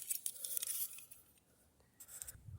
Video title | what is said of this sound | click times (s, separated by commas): Oshkosh Snowplow #201 1992 Blue Card Hot Wheels Snowplow Workhorses Unboxing, Demonstration, Review | okay so it doesn't snap on but | none